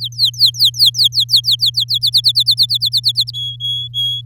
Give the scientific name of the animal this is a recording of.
Serinus canaria